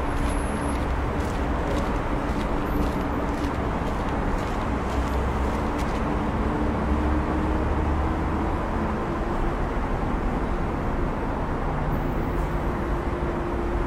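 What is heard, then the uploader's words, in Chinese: A summer night on an old street, Gulou Street, with a dense, steady wash of traffic and street noise that never lets up. Low rumble and a faint hum run underneath, with brief brighter clicks and rattles scattered throughout. 夏天老街 氛围城市 白噪音。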